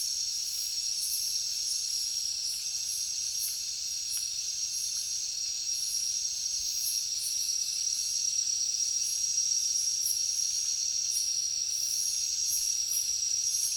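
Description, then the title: Crickets trilling in a dense high chorus, a steady shrill hum with uneven fast pulsing and no other clear sounds. Heavy cricket chorus at night in a jungle. "alex productions ambient music nature. Jungle night heavy crickets"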